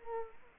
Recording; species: mosquito wingbeat signal from an infrared sensor; Culex quinquefasciatus